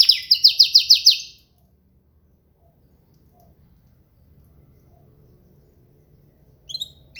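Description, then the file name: Canary song: a fast, buzzy trill of about seven repeated high notes lasting just over a second, then a long quiet stretch, ending with a brief burst of chirps. "Gomez Juan biofonia canto canario"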